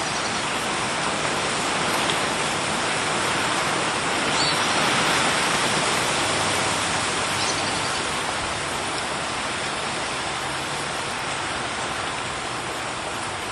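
Steady rain falls in a small village in Mayenne, a dense, even hiss across the whole clip, with a faint low rumble underneath.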